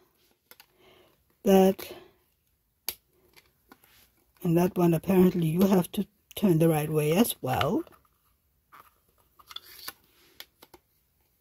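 A plastic lid on a small diamond-painting craft storage container is handled and turned to the correct orientation while someone talks, with a few faint taps and one sharp handling tap. Nothing has seated or clicked into place yet.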